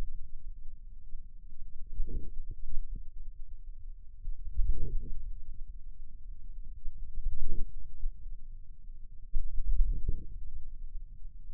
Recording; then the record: forearm muscle sounds (acoustic myography)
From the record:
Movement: hand closing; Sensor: system 2, bracelet of six BSWA MPA416 microphones around the upper forearm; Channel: 6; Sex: male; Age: 22 years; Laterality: right